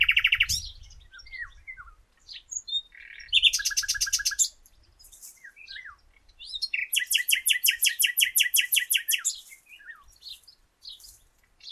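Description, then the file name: Common nightingale song: harsh buzzy rattles, scattered whistled notes, then a long, fast, rhythmic trill of repeated chirps; low rumbling noise at the start. "Luscinia megarhynchos"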